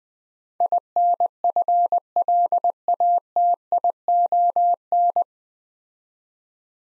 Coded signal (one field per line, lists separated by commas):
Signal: Morse code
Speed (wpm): 20 wpm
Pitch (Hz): 700 Hz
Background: none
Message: INFLATION